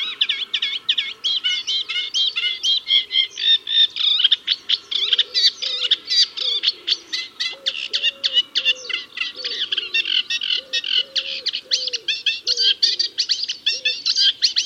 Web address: Reed Warbler